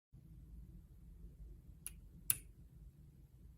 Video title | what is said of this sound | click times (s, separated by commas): How to Use a Breezhaler | pierce the capsule by firmly pressing together both side buttons at the same time until a click sound is heard | 1.9 s, 2.3 s